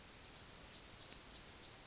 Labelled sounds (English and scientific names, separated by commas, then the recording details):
Yellowhammer (Emberiza citrinella) song
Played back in grassland
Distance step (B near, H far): B
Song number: 112